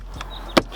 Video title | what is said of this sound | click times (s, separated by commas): DIY UPGRADED MIRROR INSTALL SILVERADO | clicks back into place | 0.6 s